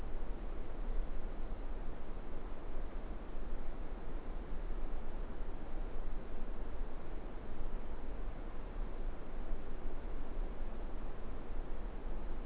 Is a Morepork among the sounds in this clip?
no